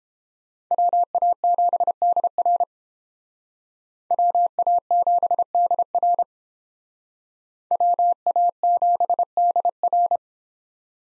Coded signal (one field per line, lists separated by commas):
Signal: Morse code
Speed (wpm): 31 wpm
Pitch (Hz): 700 Hz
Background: none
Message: WA7DR WA7DR WA7DR